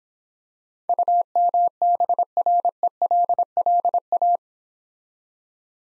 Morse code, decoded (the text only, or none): UMBRELLA